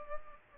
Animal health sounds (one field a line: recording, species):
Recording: mosquito wingbeat signal from an infrared sensor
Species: Culex pipiens